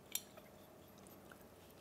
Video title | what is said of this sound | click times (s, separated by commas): Some Of My Favorite Tools | and locks in place and that's it that's such a simple thing but it's such a finely made piece | 0.1 s